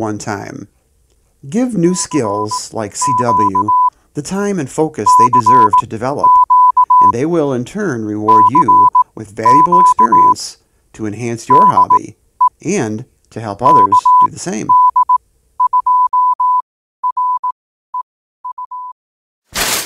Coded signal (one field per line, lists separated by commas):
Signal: Morse code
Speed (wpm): 18 wpm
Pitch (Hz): 1000 Hz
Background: speech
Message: RQ CQ CQ DE KD2REU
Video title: Top 10 Rookie Ham Radio Mistakes - Part 3: Effectiveness & Safety ...Save TIME, MONEY, & SANITY!!